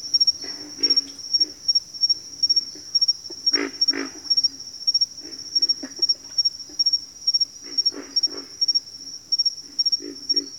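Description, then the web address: Pig frog grunts, short low croaks at intervals, over a continuous shrill insect chorus. "Sounds of Nature Collection. Pig Frogs"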